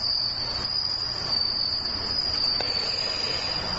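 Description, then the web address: Bell cricket singing a steady, shrill, bell-like trill without pause, with a soft tick about two-thirds through and low hum beneath. Bell cricket recorded with morning glories on 29 August 2015. "鈴虫さんと朝顔 H 27 8 29"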